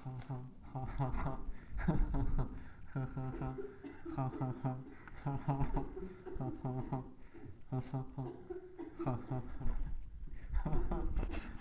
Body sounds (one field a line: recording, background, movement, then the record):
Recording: laughter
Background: a bystander coughing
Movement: sitting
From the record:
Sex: male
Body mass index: 23.7 kg/m2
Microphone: on the chest, facing the body